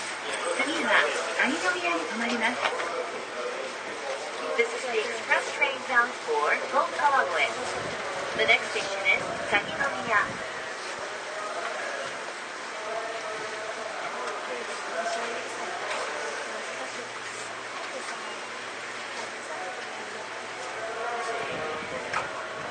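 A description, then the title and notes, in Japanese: A ride on a Seibu 2000 series train between Seibu-Shinjuku and Hon-Kawagoe. Voices talk over a steady low hum for the first ten seconds, then fade into an even, quieter rumble of running noise with occasional light clanks to the end. 西武旧2000系 西武新宿〜本川越。今回は急行運用を録音しました。モーターはMT54系の界磁チョッパ対応改良の独自型。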